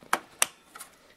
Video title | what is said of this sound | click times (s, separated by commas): how to add ram to a hp media center PC | until it clicks into place | 0.1 s, 0.4 s